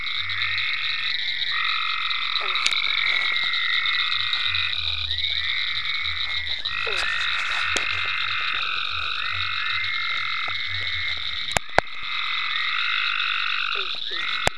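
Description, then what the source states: Many frogs trilling together in long overlapping calls, with deep throbbing croaks below and a few sharp clicks near the end. Frogs in ponds at Venaura farm, recorded 27 May 2010.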